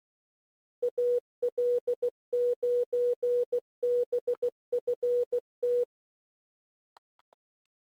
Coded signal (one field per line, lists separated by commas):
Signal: Morse code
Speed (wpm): 16 wpm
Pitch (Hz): 490 Hz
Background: none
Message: AL9BFT